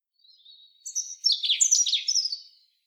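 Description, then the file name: European robin delivering one short phrase: a faint thin whistle rising into a loud, tumbling burst of high trills and twitters. "Erithacus rubecula"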